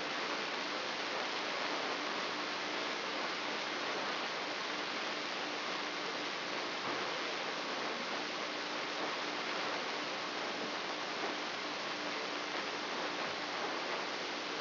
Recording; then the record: brain microelectrode recording played as sound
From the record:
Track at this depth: outside the subthalamic nucleus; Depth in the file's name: 8.504 mm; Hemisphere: left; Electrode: 3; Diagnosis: Parkinson's disease